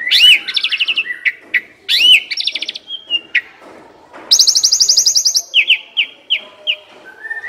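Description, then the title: Asian pied starling song with looping whistles, a long buzzy high trill of rapid pulses, then evenly spaced clear whistled notes. Masteran (training song) for birds that sing too little and are sluggish. "Masteran Jalak Suren Atasi Burung KURANG GACOR Dan LOYO"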